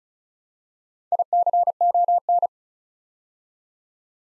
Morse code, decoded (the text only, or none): ICON